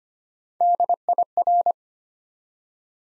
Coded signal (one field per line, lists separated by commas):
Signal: Morse code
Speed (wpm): 25 wpm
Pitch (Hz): 700 Hz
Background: none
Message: DIR